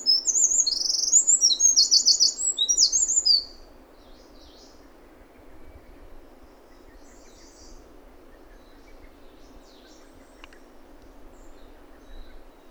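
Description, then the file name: Eurasian wren song, a loud rapid burst of high, rattling trills lasting about three seconds, followed by steady low background noise with faint scattered notes. "Troglodytes troglodytes"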